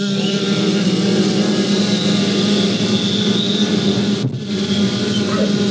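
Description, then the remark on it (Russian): A group of people buzzes together like bees as a body exercise working through images of bukvitsa letters, a dense, steady, low droning hum that holds for several seconds with only a brief dip before carrying on. “И еще пожужжим так.”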